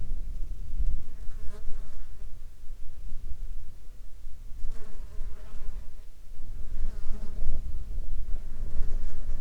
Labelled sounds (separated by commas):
wind, insects